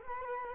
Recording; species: mosquito wingbeat signal from an infrared sensor; Culex quinquefasciatus